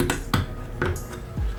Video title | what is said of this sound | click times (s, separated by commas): How to Properly Clean Your AK-47 | And that will lock in. | 0.3 s